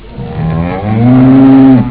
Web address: animals cow